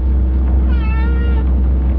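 Whale giving a short tonal call with a gently wavering pitch, over a loud continuous low rumble.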